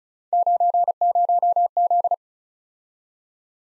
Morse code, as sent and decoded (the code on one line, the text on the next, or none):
----. ----- --..
90Z